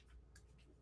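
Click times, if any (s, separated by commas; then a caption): 0.4 s. The side clips of a detachable accessory on a pocket camera are pressed in by hand, giving a short, sharp click at 0.4 seconds over a quiet background with faint rustling. The clips snap in and the part is seated.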